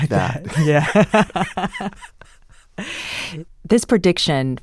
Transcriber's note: laughter